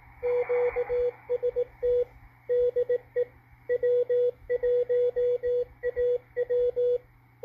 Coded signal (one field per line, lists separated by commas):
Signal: Morse code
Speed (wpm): 18 wpm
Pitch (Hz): 490 Hz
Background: radio noise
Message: QST DE W1AW